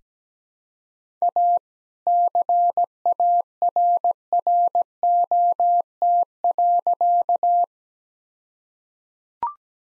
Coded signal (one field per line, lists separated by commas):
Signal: Morse code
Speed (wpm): 17 wpm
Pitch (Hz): 700 Hz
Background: none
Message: A CARROT.